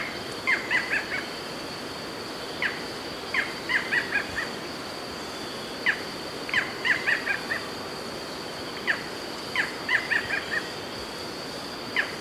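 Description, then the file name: Barred Forest Falcon repeating bursts of staccato yelps, roughly every three seconds, with a steady insect drone underneath. "Micrastur ruficollis - Barred Forest Falcon"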